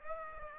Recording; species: mosquito wingbeat signal from an infrared sensor; Aedes aegypti